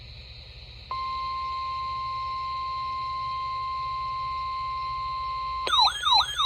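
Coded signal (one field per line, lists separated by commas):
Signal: Emergency Alert System (SAME) tones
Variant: 1050 Hz attention tone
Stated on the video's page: EAS alerts for a Piedmont hailstorm, including a severe thunderstorm warning from a NOAA weather radio transmitter.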